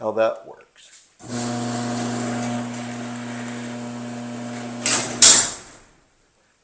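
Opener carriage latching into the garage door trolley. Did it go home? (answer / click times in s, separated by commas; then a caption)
yes / 5.2 s. Someone talks, then a garage door opener runs with a steady motor hum as its carriage travels along the rail after an emergency release. A sharp click at 5.2 s marks the opener carriage latching back into the door's trolley, so the trolley has re-engaged.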